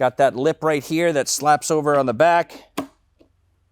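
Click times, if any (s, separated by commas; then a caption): none. A solution tank for a floor scrubber, which has a lip that hooks over the back, is handled while someone talks. The tank has not been lowered onto the machine yet, and nothing has seated or clicked.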